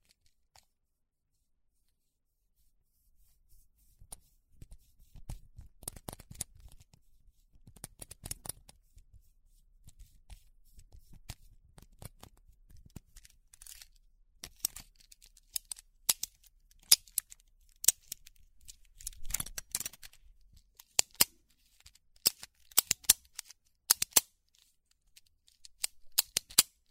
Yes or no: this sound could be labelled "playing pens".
yes